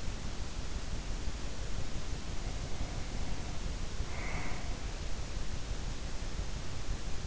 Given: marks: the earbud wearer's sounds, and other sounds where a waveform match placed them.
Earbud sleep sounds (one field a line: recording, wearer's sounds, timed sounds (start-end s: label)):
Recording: sounds in sleep by an in-ear microphone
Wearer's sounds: breath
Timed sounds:
2.27-4.69 s: breath